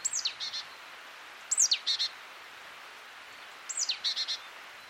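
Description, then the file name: Great tit giving three calls, each a sharp descending note followed by three or four short notes, with a longer pause before the last call. "Parus major"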